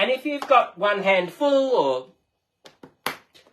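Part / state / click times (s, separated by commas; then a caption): plastic lid seal onto food storage container / seated / 3.1 s. Someone talks for about two seconds, then a plastic food-storage container lid seal is pressed in the centre with a thumb or elbow. Two faint taps near 2.7 and 2.8 seconds lead to a sharp click at 3.1 seconds as the lid seats, forming an airtight seal.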